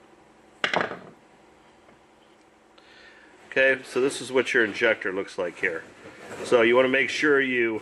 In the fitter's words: edge there and you can pop this thing right out okay